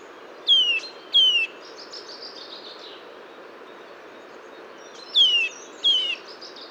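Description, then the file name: Eurasian nuthatch calls, clear descending whistled notes given in pairs, two early and two late, over a steady background hiss. "Sitta europaea"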